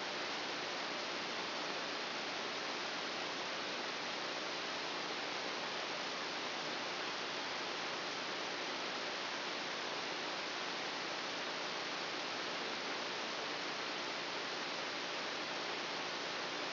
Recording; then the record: brain microelectrode recording played as sound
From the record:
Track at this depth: inside the subthalamic nucleus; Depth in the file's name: 3.513 mm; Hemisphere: left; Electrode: 2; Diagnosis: Parkinson's disease